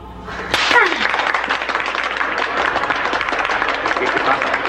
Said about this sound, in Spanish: ¡Ay, profesor! Es que usted se merece ese aplauso.